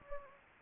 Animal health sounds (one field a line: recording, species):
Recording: mosquito wingbeat signal from an infrared sensor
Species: Anopheles gambiae